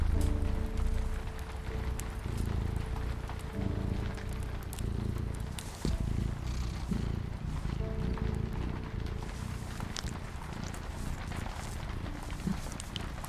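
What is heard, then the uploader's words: A fireplace crackles with sharp, scattered pops over a steady, dense low rumble like a cat purring close by. Soft sustained piano notes drift in the background every few seconds, and a faint patter like rain runs underneath throughout. A rainy day in cozy bedroom with crackling fireplace and cat purring sounds. Rain pattering on the window. You also hear the sound of crackling fireplace and cat purring softly with soothing piano in the background.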